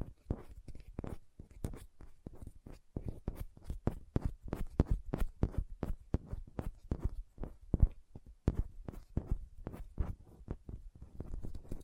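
Fingernails tap in quick, uneven bursts of sharp clicks, several per second, throughout the twelve seconds. Each tap is crisp and bright with a soft low thump beneath it, and short pauses break the rhythm around three and eight and a half seconds.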